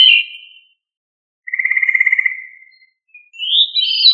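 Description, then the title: Thrush song with phrases of clear whistled notes, including a long buzzy trilled note held steady then falling slightly, separated by short silences. Sabiá, of the thrush family Turdidae. "Familia Turdidae - Sabia"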